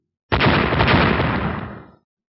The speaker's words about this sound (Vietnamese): Những tiếng nổ rung trời vang lên, Diệp Hàm cảm giác giống như có một bàn chưởng khổng lồ đang vỗ mạnh lên trên cái lò lửa, mạnh đến nỗi hắn đang ở bên trong tiểu đỉnh cũng cảm thấy lực lượng kinh khủng.